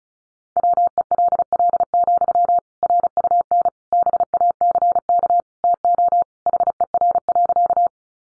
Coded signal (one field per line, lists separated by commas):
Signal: Morse code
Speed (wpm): 34 wpm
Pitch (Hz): 700 Hz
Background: none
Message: WELL, RUN BACK TO HER.